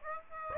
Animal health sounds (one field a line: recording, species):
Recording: mosquito wingbeat signal from an infrared sensor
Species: Aedes aegypti